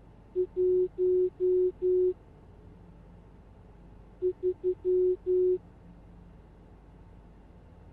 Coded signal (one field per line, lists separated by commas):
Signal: Morse code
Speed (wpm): 11 wpm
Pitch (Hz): 370 Hz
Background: none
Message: 1 3